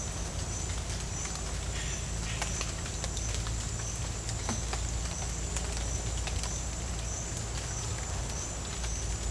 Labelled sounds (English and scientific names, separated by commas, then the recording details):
none
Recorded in dense forest near Puerto Asís, Putumayo, Colombia, on 21 December 2024 at 08:00
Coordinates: 0.481, -76.323
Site G100